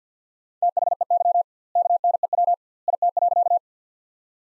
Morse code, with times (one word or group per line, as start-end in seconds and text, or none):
0.6-1.4 THEY
1.8-2.5 KNEW
2.9-3.6 IT.